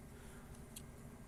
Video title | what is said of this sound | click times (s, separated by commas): Gamo Gear for the Squirrel Master Classic 2022 - Which was my favorite? | All right. And then they just snap into place, | 0.8 s